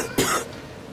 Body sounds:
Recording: coughing mixed with background sound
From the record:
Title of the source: 30 Chesty and wet cough

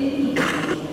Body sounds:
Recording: coughing mixed with background sound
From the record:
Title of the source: 31 night wet cough

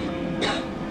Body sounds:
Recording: coughing mixed with background sound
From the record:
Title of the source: female coughing - coughing sound effects girl

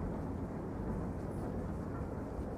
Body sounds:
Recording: background sound without coughing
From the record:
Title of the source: Train Ride Ambience ambient white noise for sleeping, focus, studying, reading

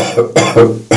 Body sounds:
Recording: coughing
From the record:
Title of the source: Cough Around the Clock!

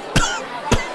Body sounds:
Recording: coughing mixed with background sound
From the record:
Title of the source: Coughing 51

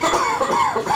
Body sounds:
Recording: coughing mixed with background sound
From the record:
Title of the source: Spring Cold Coughing 2

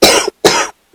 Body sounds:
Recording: coughing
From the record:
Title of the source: 55 gaggy wet cough

